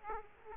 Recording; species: mosquito wingbeat signal from an infrared sensor; Aedes aegypti